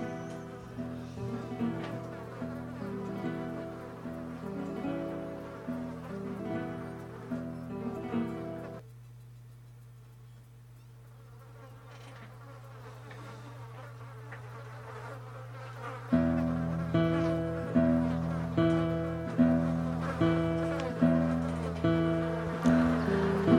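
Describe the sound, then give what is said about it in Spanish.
Flies buzz in a dense, humming drone with rhythmic pulsing. The buzz thins to a steady low hum midway, then swells back louder with a regular throbbing beat. “y hoy entramos volando entre las moscas.”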